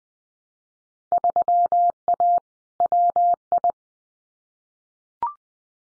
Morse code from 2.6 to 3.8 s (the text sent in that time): WI